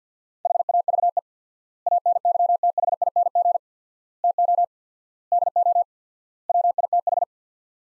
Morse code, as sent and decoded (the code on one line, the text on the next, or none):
.... .- ...- . / .- -. -.-- - .... .. -. --. / - --- / -.. --- / .-- .. - ....
HAVE ANYTHING TO DO WITH